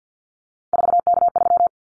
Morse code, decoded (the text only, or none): 4K3